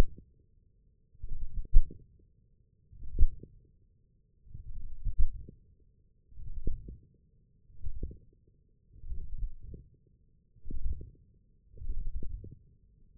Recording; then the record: forearm muscle sounds (acoustic myography)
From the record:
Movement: wrist extension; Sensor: system 1, eight BSWA MPA416 microphones around the upper forearm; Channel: 4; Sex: male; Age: 20 years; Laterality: left